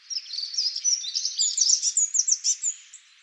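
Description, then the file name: Eurasian blue tit chattering continuously with quick, high, twittering call notes in an uneven stream. "Cyanistes caeruleus"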